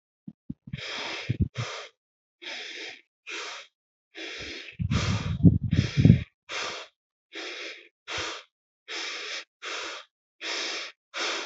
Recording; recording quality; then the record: shallow breathing; excellent, no background noise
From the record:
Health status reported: healthy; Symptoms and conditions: hypertension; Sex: male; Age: 52 years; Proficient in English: yes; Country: India